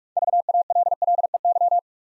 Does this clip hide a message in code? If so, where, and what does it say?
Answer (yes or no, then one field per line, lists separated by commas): yes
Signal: Morse code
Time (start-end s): 0.2-1.8 s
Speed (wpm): 44 wpm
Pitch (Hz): 700 Hz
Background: none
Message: VALLEY